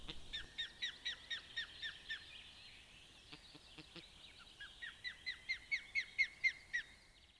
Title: Sääksi